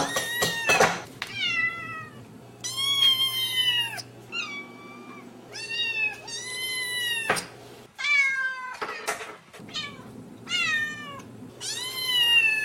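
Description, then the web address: Cat meowing: a series of long, drawn-out meows, each rising then falling, repeated every second or two with brief pauses. Kittens and cats meowing. "Hard Songs Megapack Volume 13. Kittens And Cats Meowing"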